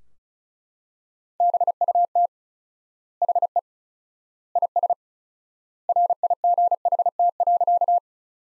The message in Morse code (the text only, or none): BUT HE IS RIGHT.